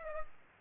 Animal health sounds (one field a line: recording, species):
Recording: mosquito wingbeat signal from an infrared sensor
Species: Aedes aegypti